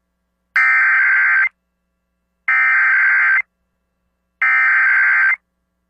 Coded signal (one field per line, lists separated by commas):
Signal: Emergency Alert System (SAME) tones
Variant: header bursts